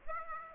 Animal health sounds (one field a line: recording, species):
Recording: mosquito wingbeat signal from an infrared sensor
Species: Aedes aegypti